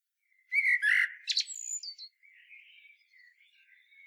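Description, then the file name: Common blackbird song phrase of loud fluted notes ending in sharp high squeaks, trailing into soft, quiet warbling. "Turdus merula"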